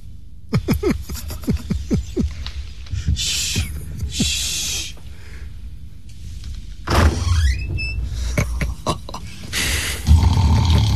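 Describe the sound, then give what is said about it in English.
The door of a horse's stable being opened: a run of sharp latch clicks and knocks, bursts of scraping and rattling, then a rising drawn-out hinge creak followed by more shuffling clatter. No one speaks. “Now to open the door to his stable.”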